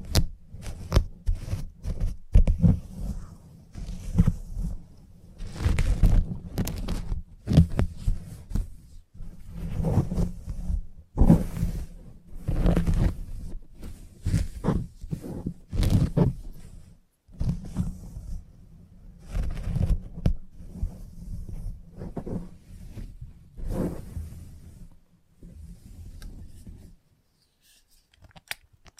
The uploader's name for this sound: Salon Haircut Head Massage, Scissors and Clipper